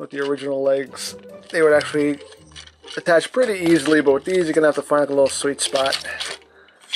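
Someone talks while fitting a plastic leg armor piece from a DNA Design upgrade kit onto a Kingdom Ultra Magnus transforming robot figure, working it around to find the sweet spot. Two faint, brief ticks of handling come near the end, but nothing has seated or clicked into place yet.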